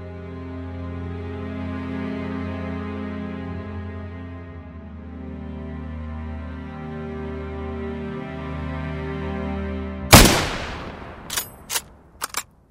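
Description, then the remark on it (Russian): A steady low hum with layered tones runs for about ten seconds, then a sharp shot from a Mosin three-line rifle cracks out at a shooting range set up on a stadium football field during a marksmanship test, followed by a few more single bursts spaced apart. “Актеры театра имени Ленинского «Комсомола» сдавали нормативы по стрельбе из трехлинейной винтовки Мосина на значок «Ворошиловский стрелок» третьей степени.”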